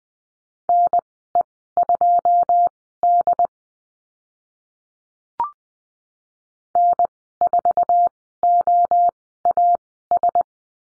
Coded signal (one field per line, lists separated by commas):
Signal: Morse code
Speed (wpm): 20 wpm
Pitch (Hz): 700 Hz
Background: none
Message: NE2D N4OAS